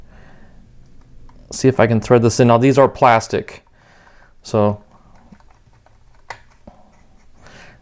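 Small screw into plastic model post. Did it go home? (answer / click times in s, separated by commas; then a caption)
no / none. Someone talks while trying to thread a small rearward "H" screw into a plastic post on a DeAgostini Lotus F1 scale model. After the talking, faint scattered clicks and taps follow, the sharpest at 6.3 s. The screw does not catch in the plastic post, and nothing has seated yet.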